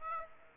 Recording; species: mosquito wingbeat signal from an infrared sensor; Aedes aegypti